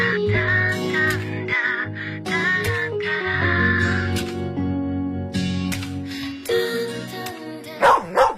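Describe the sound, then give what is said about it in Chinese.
Music plays throughout, then near the end a dog barks twice in quick succession, sharp and loud over the music, as Erlang Shen's dog Xiaotian Quan in a 2018 Beijing Music Radio broadcast. “二郎神哮天犬怎么又忘了？”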